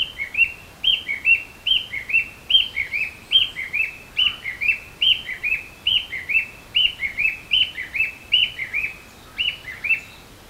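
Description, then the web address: Narcissus flycatcher song, a bright two-note whistled phrase repeated steadily many times, with a faint lower note once, against a quiet background. Song rendered in Japanese as "chottokoi"; called kibitaki. "kibitaki kibutaki chottokoi"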